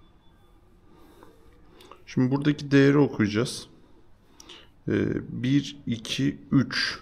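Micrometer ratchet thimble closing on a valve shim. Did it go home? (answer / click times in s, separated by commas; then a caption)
yes / 1.2 s, 1.8 s, 1.9 s. A micrometer's ratchet thimble is turned to close the spindle on a metal valve shim, giving soft ratchet clicks at 1.2, 1.8 and 1.9 seconds as it reaches the set force without over-tightening, so it is now holding. Someone then talks.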